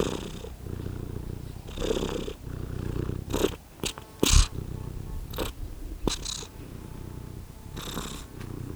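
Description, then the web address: Domestic cat purring, a low rumbling purr in pulses with each breath, interrupted by several sharp clicks and rustling noises. Domestic cat purring in a farmyard at Görestanya. "allathangok parasztudvar macska dorombol gorestanya"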